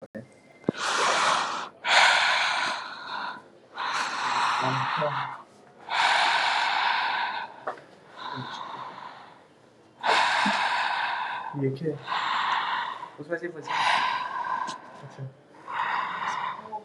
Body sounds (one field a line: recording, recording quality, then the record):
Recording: deep breathing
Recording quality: excellent, no background noise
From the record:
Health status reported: COVID-19 positive, no symptoms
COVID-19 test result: positive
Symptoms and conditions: none ticked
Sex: male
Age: 30 years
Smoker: not ticked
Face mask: not worn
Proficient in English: yes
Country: India